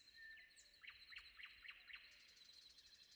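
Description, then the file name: Common nightingale song: a short whistle, then five sharp notes repeated about four per second, with a steady high trill behind. Sung before dawn. "predawn nightingale"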